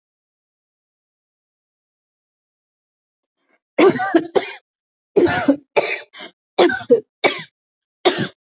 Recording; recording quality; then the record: heavy voluntary cough; excellent, no background noise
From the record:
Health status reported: healthy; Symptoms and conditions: diabetes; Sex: female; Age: 51 years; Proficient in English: yes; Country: India